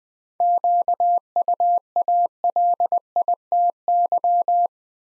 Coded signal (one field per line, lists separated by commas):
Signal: Morse code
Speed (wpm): 20 wpm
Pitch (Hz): 700 Hz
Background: none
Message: QUALITY